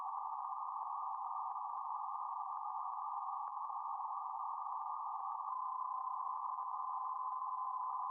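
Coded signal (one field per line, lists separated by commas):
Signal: PSK31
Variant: BPSK31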